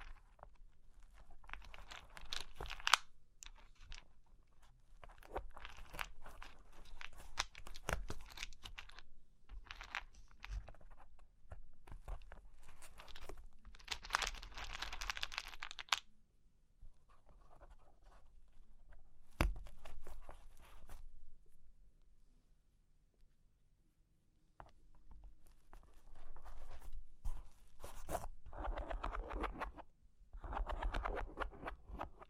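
Cork and wood are tapped, scratched and traced in dense bursts of crisp clicks and rustling scrapes, broken by quiet pauses near 17 and 23 seconds.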